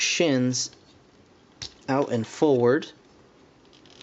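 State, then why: Not seated. Someone talks while pulling the plastic shin panels of a Masterpiece Dinobot Beast Wars MP-41 transforming action figure out and forward from its legs, followed by a few faint, quick ticks of handling near the end. Nothing has seated or clicked into place yet.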